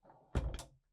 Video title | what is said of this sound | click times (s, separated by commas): 2026 Newmar Bay Star Operational Overview | and then it locks back into position here. | 0.3 s